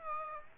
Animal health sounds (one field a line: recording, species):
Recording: mosquito wingbeat signal from an infrared sensor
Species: Aedes aegypti